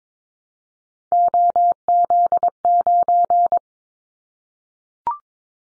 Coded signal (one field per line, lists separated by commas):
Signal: Morse code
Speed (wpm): 22 wpm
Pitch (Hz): 700 Hz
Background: none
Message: OZ9